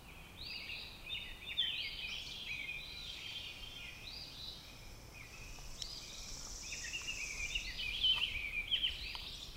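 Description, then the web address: Robin song: a series of warbled phrases with brief gaps, over background noise. "Sounds of Nature Robins"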